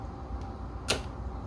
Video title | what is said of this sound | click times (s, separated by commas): Building the 1931 Harley-Davidson VL Part by Part- How the Clutch and Shifter Work- Episode 44 | So you heard it click there. | 0.9 s